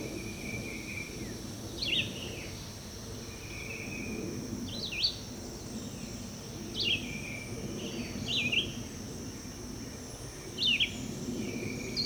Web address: birds vireos